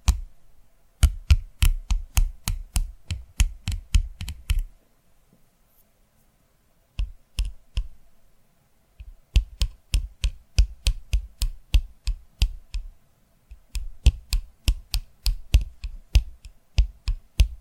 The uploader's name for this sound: ASMR Tapping Through Your Brain